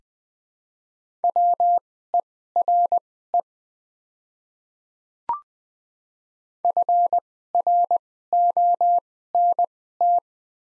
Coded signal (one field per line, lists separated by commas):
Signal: Morse code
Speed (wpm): 20 wpm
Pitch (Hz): 700 Hz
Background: none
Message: WERE FRONT